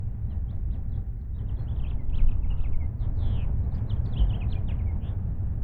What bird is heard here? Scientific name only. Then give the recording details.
Haemorhous mexicanus. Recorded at Oak Beach on Long Island, New York, on 21 May 1975. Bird A